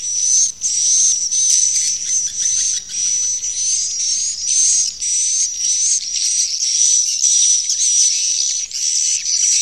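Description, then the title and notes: Swiftlet calls: continuous high twittering with a wavering whistled tone, broken by brief pauses. Used in swiftlet farming in Asia. "Swiflet Bird Sound. Farming Swiflet Bird asia sound"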